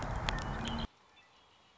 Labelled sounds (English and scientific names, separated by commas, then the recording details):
Red-winged Blackbird (Agelaius phoeniceus)
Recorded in Sonoma County, California